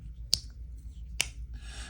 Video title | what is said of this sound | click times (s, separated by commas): The Benny’s Clip from Jack Wolf Knives is live at SharpThings.com | man that thing really snaps into place it's uh | 0.3 s, 1.2 s